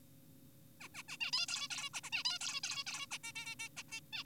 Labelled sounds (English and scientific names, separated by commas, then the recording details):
Zebra Finch (Taeniopygia guttata)
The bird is an adult
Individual g4p5U